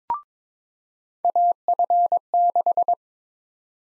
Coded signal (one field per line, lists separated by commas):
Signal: Morse code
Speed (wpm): 22 wpm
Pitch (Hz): 700 Hz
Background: none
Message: AF6